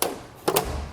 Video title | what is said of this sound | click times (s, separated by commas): The BEST Garage Build EVER - E4: Audio In The Wash Bay! | after I tighten it down, you have these metal grills that just snap in place like that. | 0.0 s, 0.5 s, 0.6 s